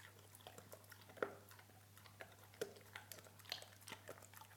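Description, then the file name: Soft dog chewing with scattered faint crunches and a few sharper bites, over a noticeable low hum. Dog eating. "Hund frisst"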